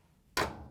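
A putty knife is pushed into the second front corner of a Whirlpool/KitchenAid/Maytag top-load washer's top panel to press in the metal spring clip, then twisted. After near-silence, a single sharp, bright click sounds at 0.4 s and rings down over the next few tenths of a second. The spring clip releases, and that side of the top panel is freed to lift.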